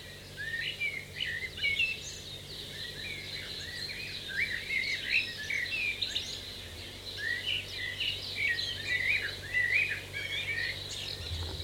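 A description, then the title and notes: A dawn chorus of many birds singing at once, with dense overlapping chirps and warbles in the bright upper range that continue without a break for the whole twelve seconds. A faint steady low hum runs underneath throughout. Dawn chorus with blackbirds in the foreground. Adult male blackbird and many other birds giving song in garden surroundings. Source: Department of Conservation (NZ).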